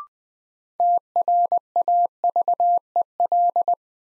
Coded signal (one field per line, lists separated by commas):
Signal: Morse code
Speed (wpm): 21 wpm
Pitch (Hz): 700 Hz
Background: none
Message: TRAVEL